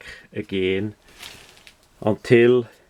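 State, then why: Not seated. The hinged cocking lever of a Man Kung MK-TCS2G 80 lb alligator recurve pistol crossbow is handled as it is pushed back up toward its locking position in the stock, after the string has been drawn back and the automatic safety has engaged. Someone talks at the start and end, with quiet handling noise and a faint brief tick between. Nothing has seated or clicked yet.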